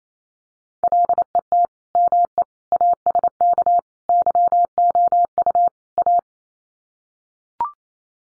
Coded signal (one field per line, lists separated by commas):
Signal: Morse code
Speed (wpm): 28 wpm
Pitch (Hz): 700 Hz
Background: none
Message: LET ME ASK YOU A